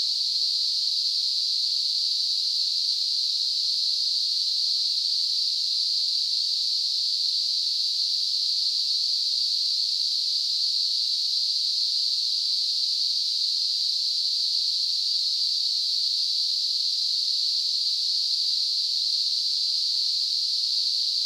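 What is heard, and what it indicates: Simulated tinnitus: a steady, unbroken narrowband hiss centered around 4–5 kHz, with no low-frequency content, holding a constant level for the whole 21 seconds.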